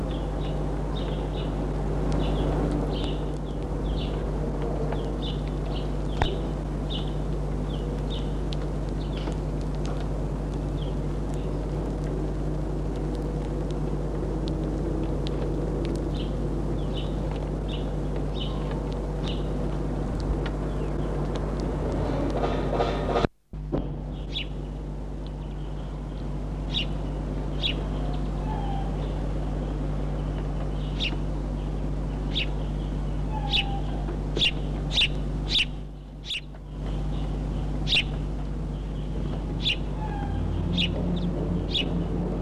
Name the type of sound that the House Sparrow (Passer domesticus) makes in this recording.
call